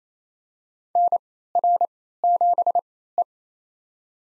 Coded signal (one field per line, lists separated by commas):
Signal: Morse code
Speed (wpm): 28 wpm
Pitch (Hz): 700 Hz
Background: none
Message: NR7E